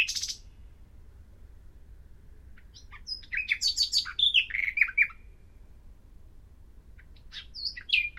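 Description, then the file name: Common nightingale song: a short high note, a pause, then a varied tumbling phrase of clicks and descending whistles, and a further brief whistled fragment at the end. "Luscinia megarhynchos"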